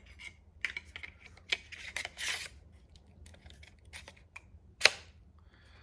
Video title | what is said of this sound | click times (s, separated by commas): Make your own sheath to fit any knife perfectly from kydex! | Snaps in place. | 4.9 s